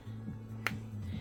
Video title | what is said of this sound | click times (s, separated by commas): 👀 REVIEWING, UNBOXING & DISCUSSING THE NEW AMERICAN GIRL HAIR PLAY DOLLS! Worth It? | You see how it made that snap sound? It snaps out | 0.7 s